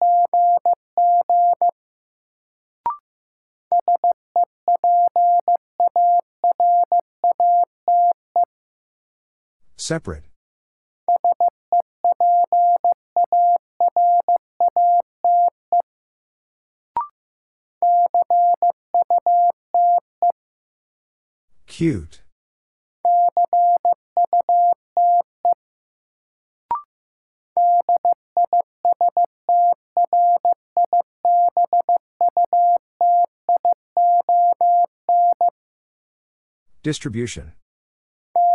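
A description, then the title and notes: A word is sent in Morse code as a steady mid-pitched beep, keyed on and off in quick dots and dashes grouped into bursts. Between groups, short sharp sweeping sounds cut in, near 10, 22 and 37 seconds, with brief clicks at other pauses. New Word Drill - 15wpm. First, the word is sent in Morse code. Then it is spoken.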